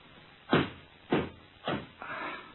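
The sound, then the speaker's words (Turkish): Four firm knocks on a door at a steady, unhurried pace, each a dull thud that fades quickly; the last knock is slightly softer and more drawn out. No voices. “Kapı çalınıyor hatun.”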